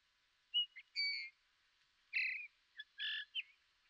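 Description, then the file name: Eurasian bullfinch calling with a string of soft, piping whistles mixed with a few fuller, slightly buzzy notes, given in irregular short bursts. "Pyrrhula pyrrhula"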